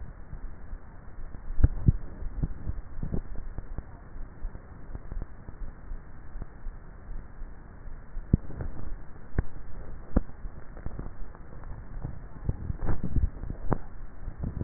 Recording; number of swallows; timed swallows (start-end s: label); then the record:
swallowing sounds by neck microphone; 2
1.65-2.45 s: swallow
12.88-13.75 s: swallow
From the record:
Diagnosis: dysphagia